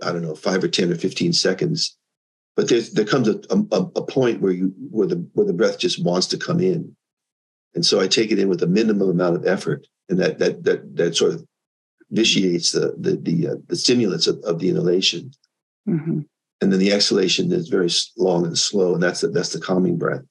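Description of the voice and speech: A low-pitched adult man with Parkinson's disease, diagnosed around 2002 and now progressing, speaks in phrases broken by pauses. He repeats short words several times in a row ("the, the, the", "that's the, that's the") and draws out a filler sound. These are the stuttering and word-losing hesitations of his Parkinsonian speech.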